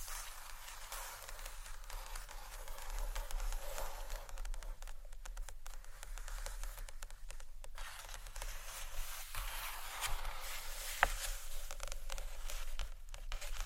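Gentle scratchy tapping on books runs through the whole stretch as a dense, even patter of soft, bright scratches with little pause. A slightly sharper tap stands out around eleven seconds, and a faint low hum sits underneath throughout.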